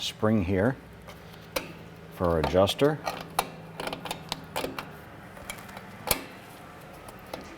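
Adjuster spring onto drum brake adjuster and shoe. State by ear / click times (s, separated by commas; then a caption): seated / 6.1 s. A steel adjuster spring is hooked onto the drum brake adjuster and shoe of a 1994-2004 Chevrolet S10 during a wheel cylinder replacement. Someone talks at first, then several light metallic ticks follow as the spring is worked into position. A sharp click at 6.1 s marks the spring popping into place, and it is seated.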